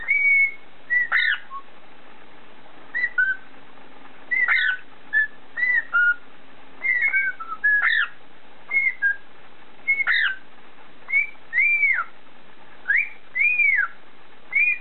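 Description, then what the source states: Cockatiel whistling short phrases that mix sharp upward flicks, level notes and arched swoops, repeated with brief gaps throughout. Whistled tune (siulan) of a cockatiel.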